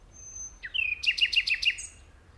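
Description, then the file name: Common nightingale song: a thin high whistle, then a short falling note and a rapid run of about five repeated loud chirps. "Luscinia megarhynchos"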